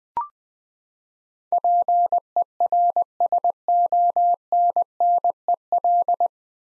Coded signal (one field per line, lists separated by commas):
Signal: Morse code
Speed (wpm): 20 wpm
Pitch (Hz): 700 Hz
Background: none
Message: PERSONNEL